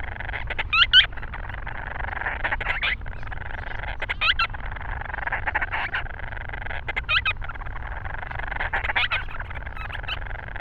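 Grant's storm petrel, scratchy call bursts with a few squeaky notes, louder near the start, then softer chatter over low background rumble.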